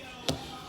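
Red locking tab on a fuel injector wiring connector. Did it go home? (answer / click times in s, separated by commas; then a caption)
yes / 0.3 s. The red plastic secondary lock on an Injector Dynamics USCAR wiring connector, just pushed onto a fuel injector for a twin turbo 350z, is pressed down into the connector housing. A sharp, short click sounds at 0.3 s over a low steady background. The lock snaps down and is seated.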